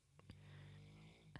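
A dog snoring loudly indoors, a low droning snore sustained through the breath.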